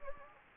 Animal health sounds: mosquito wingbeat signal from an infrared sensor; Anopheles gambiae

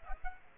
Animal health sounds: mosquito wingbeat signal from an infrared sensor; Aedes aegypti

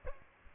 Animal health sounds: mosquito wingbeat signal from an infrared sensor; Aedes aegypti

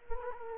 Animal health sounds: mosquito wingbeat signal from an infrared sensor; Culex quinquefasciatus

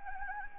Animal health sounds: mosquito wingbeat signal from an infrared sensor; Anopheles gambiae

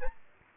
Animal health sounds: mosquito wingbeat signal from an infrared sensor; Aedes aegypti

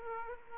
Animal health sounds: mosquito wingbeat signal from an infrared sensor; Aedes aegypti

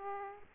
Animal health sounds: mosquito wingbeat signal from an infrared sensor; Aedes aegypti

